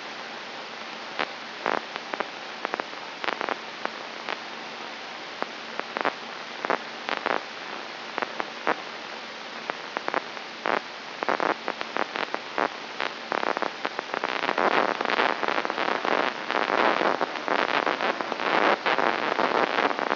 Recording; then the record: brain microelectrode recording played as sound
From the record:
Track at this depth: inside the subthalamic nucleus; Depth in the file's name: 3.741 mm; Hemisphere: right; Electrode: 3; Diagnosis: Parkinson's disease